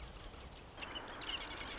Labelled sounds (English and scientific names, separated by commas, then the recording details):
Marsh Wren (Cistothorus palustris)
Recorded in Sonoma County, California